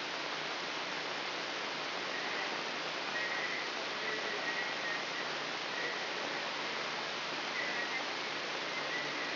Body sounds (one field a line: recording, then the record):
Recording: brain microelectrode recording played as sound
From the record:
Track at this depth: inside the subthalamic nucleus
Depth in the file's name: 4.107 mm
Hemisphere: left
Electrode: 3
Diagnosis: Parkinson's disease